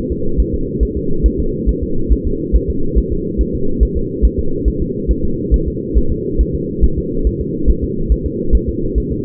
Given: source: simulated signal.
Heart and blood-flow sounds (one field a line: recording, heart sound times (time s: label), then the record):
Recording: fetal heart sounds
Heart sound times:
0.12 s: S2
0.40 s: S1
0.54 s: S2
0.83 s: S1
0.97 s: S2
1.26 s: S1
1.40 s: S2
1.69 s: S1
1.83 s: S2
2.12 s: S1
2.27 s: S2
2.56 s: S1
2.70 s: S2
2.98 s: S1
3.12 s: S2
3.41 s: S1
3.55 s: S2
3.83 s: S1
3.97 s: S2
4.25 s: S1
4.39 s: S2
4.68 s: S1
4.82 s: S2
5.11 s: S1
5.25 s: S2
5.54 s: S1
5.68 s: S2
5.98 s: S1
6.12 s: S2
6.41 s: S1
6.55 s: S2
6.84 s: S1
6.98 s: S2
7.27 s: S1
7.41 s: S2
7.70 s: S1
7.84 s: S2
8.12 s: S1
8.26 s: S2
8.55 s: S1
8.69 s: S2
8.98 s: S1
9.12 s: S2
From the record:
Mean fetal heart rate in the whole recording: 140 bpm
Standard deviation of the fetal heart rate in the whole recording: 2 bpm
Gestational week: 34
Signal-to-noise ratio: -8.1 dB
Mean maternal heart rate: 72 bpm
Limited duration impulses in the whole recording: absent